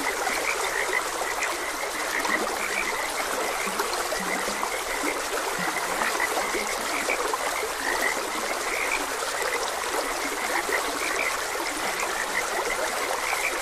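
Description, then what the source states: Frogs croaking steadily in an overlapping chorus, occasional lower croaks, with running stream water throughout. Frogs croaking beside a gentle stream.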